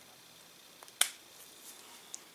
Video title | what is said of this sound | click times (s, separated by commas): Part 2 of 2- Cleaning & Takedown of Different 1911s - Kimber/Colt/Springfield - Different Guide Rods | and it just popped in | 1.0 s